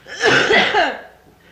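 One harsh, noisy cough burst of under a second, partly voiced, from an adult, followed by quiet.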